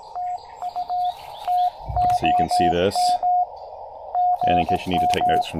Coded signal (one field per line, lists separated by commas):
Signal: Morse code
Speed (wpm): 18 wpm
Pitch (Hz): 690 Hz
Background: speech, radio noise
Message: TU TOM GM